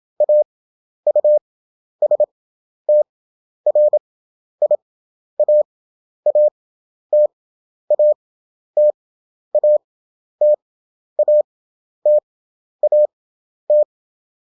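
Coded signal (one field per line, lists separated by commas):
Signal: Morse code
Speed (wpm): 27 wpm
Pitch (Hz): 600 Hz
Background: none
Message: AUSTRIA AT AT AT AT AT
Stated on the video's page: Morse practice at 27 wpm character speed with 11 wpm effective (Farnsworth) spacing; European country abbreviations, each repeated five times after the country is spelled out.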